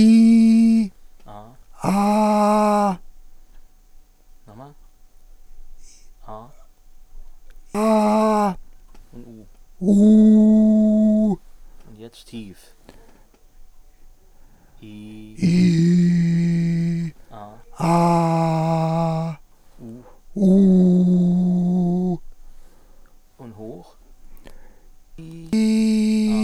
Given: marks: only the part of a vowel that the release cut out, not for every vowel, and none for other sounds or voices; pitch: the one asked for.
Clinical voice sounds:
sustained vowels; male; 60 to 69 years; 3; 2; 3
0.00-0.76 s: vowel /i/, normal pitch
1.95-2.86 s: vowel /a/, normal pitch
10.05-11.07 s: vowel /u/, normal pitch
15.75-16.94 s: vowel /i/, low pitch
20.64-21.59 s: vowel /u/, low pitch
25.65-26.19 s: vowel /i/, high pitch
From the record:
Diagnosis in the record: recurrent laryngeal nerve paralysis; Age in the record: 65 years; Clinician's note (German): Links, idiopathisch, unvollständige Kompensation

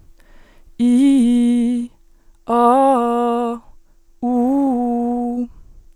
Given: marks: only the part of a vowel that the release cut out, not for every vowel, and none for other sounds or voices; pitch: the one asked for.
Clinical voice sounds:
sustained vowels; female; 20 to 29 years; 1; 1; 0
0.89-1.67 s: vowel /i/, low-high-low pitch
2.57-3.40 s: vowel /a/, low-high-low pitch
4.32-5.26 s: vowel /u/, low-high-low pitch
From the record:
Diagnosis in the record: dysodia (singing voice disorder); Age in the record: 21 years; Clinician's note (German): Leichte funktionelle Form

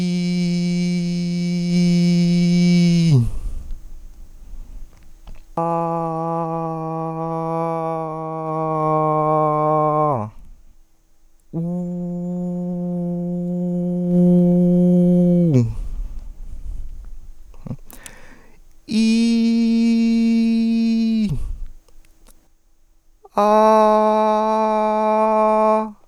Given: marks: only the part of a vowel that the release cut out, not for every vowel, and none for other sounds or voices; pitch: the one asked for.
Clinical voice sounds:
sustained vowels; male; 20 to 29 years; 0; 0; 0
0.00-1.70 s: vowel /i/, normal pitch
8.91-9.97 s: vowel /a/, normal pitch
14.27-15.48 s: vowel /u/, normal pitch
19.36-21.03 s: vowel /i/, high pitch
24.14-25.59 s: vowel /a/, high pitch
From the record:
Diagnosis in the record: healthy voice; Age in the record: 23 years

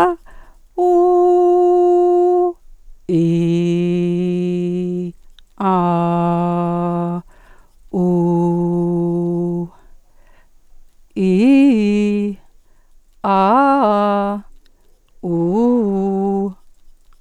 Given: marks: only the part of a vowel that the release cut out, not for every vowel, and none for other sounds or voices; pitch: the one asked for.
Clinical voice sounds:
sustained vowels; female; 50 to 59 years; 0; 0; 0
0.86-2.35 s: vowel /u/, high pitch
3.22-4.98 s: vowel /i/, low pitch
5.87-7.06 s: vowel /a/, low pitch
8.03-9.54 s: vowel /u/, low pitch
11.25-12.23 s: vowel /i/, low-high-low pitch
13.31-14.30 s: vowel /a/, low-high-low pitch
15.31-16.39 s: vowel /u/, low-high-low pitch
From the record:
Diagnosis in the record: psychogenic dysphonia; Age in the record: 57 years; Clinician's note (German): Ponogen

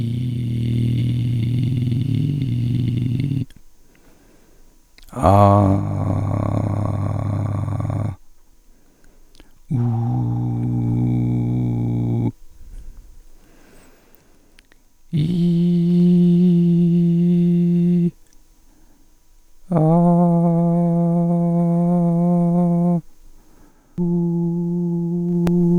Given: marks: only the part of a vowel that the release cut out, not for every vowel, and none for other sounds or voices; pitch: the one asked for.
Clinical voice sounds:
sustained vowels; male; 40 to 49 years; 3; 2; 3
0.00-1.99 s: vowel /i/, normal pitch
5.49-7.53 s: vowel /a/, normal pitch
9.98-11.97 s: vowel /u/, normal pitch
15.63-17.55 s: vowel /i/, high pitch
20.36-22.36 s: vowel /a/, high pitch
24.21-25.43 s: vowel /u/, high pitch
From the record:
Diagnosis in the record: recurrent laryngeal nerve paralysis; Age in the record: 46 years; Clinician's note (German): Strumiprive Rec.par. li mit guter Restbeweglichkeit

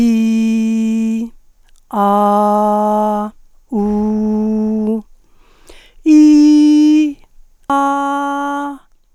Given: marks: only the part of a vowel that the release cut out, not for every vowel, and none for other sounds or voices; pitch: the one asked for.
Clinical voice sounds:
sustained vowels; female; 50 to 59 years; 0; 0; 0
0.00-1.13 s: vowel /i/, normal pitch
2.04-3.14 s: vowel /a/, normal pitch
3.83-4.86 s: vowel /u/, normal pitch
6.14-6.98 s: vowel /i/, high pitch
7.74-8.62 s: vowel /a/, high pitch
From the record:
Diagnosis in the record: hyperfunctional dysphonia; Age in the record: 56 years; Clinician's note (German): Ponogen

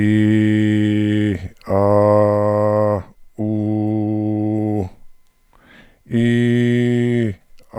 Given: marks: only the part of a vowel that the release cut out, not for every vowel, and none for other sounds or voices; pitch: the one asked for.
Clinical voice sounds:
sustained vowels; male; 60 to 69 years; 0; 0; 0
0.00-1.26 s: vowel /i/, normal pitch
1.81-2.87 s: vowel /a/, normal pitch
3.45-4.75 s: vowel /u/, normal pitch
6.20-7.21 s: vowel /i/, high pitch
From the record:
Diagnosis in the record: contact pachydermia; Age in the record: 64 years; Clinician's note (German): Kontaktpachydermie

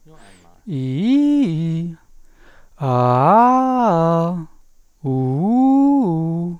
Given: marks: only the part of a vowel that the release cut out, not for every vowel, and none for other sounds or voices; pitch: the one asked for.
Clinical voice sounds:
sustained vowels; male; 30 to 39 years; 2; 2; 0
0.78-1.79 s: vowel /i/, low-high-low pitch
2.92-4.25 s: vowel /a/, low-high-low pitch
5.15-6.43 s: vowel /u/, low-high-low pitch
From the record:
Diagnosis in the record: hypotonic dysphonia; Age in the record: 37 years

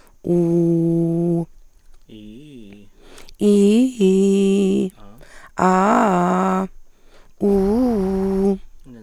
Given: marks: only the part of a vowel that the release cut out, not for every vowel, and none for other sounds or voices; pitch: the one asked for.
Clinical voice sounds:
sustained vowels; female; 40 to 49 years; 2; 2; 1
0.71-1.33 s: vowel /u/, low pitch
3.60-4.83 s: vowel /i/, low-high-low pitch
5.66-6.62 s: vowel /a/, low-high-low pitch
7.48-8.49 s: vowel /u/, low-high-low pitch
From the record:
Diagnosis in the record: Reinke's edema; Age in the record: 43 years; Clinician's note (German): Beidseitig mit tiefer Stimmlage

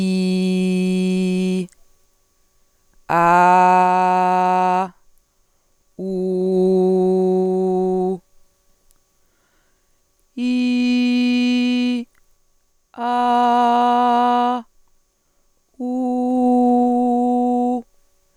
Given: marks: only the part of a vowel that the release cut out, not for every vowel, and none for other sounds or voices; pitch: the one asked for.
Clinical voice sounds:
sustained vowels; female; 20 to 29 years; 0; 0; 0
0.00-1.49 s: vowel /i/, normal pitch
3.92-4.75 s: vowel /a/, normal pitch
6.23-7.96 s: vowel /u/, normal pitch
10.53-11.77 s: vowel /i/, high pitch
13.21-14.44 s: vowel /a/, high pitch
16.52-17.55 s: vowel /u/, high pitch
From the record:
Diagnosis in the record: hyperfunctional dysphonia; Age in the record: 27 years

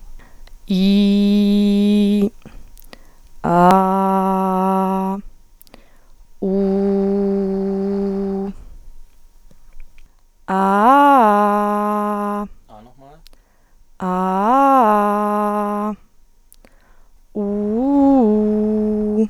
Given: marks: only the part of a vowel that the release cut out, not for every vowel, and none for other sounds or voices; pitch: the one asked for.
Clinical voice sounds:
sustained vowels; female; 20 to 29 years; 0; 0; 0
0.88-2.06 s: vowel /i/, low pitch
3.85-4.99 s: vowel /a/, low pitch
6.59-8.34 s: vowel /u/, low pitch
14.15-15.79 s: vowel /a/, low-high-low pitch
17.47-19.12 s: vowel /u/, low-high-low pitch
From the record:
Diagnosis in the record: hyperfunctional dysphonia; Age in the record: 28 years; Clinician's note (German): Mit beginnenden Phonationsknötchen, li > re

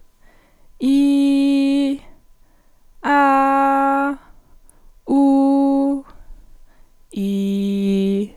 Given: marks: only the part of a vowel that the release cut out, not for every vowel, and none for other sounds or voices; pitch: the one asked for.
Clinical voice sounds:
sustained vowels; female; 18 to 19 years; 0; 0; 0
0.87-1.88 s: vowel /i/, high pitch
3.11-3.99 s: vowel /a/, high pitch
5.14-5.90 s: vowel /u/, high pitch
7.21-8.17 s: vowel /i/, low pitch
From the record:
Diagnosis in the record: healthy voice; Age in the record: 19 years

